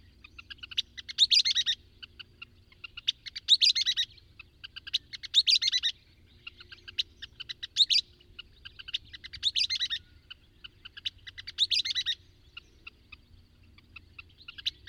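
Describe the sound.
Bird song repeated steadily, each phrase a run of quick high notes ending in a dense chattering burst, several phrases, faint low hum throughout.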